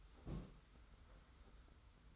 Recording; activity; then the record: daily activity, microphone in the room; place on stove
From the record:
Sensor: 3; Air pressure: 991.1 hPa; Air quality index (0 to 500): 102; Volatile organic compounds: 35 ppm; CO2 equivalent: 3065 ppm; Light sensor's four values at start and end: 45/124/51/44 and 45/124/51/44